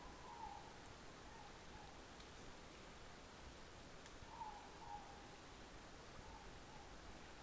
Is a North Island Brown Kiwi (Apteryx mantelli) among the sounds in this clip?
no